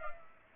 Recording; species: mosquito wingbeat signal from an infrared sensor; Culex pipiens